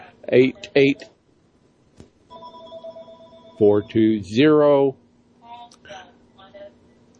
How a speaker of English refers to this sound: Busy office this morning. Yeah, it sounds like you got phone calls coming in the background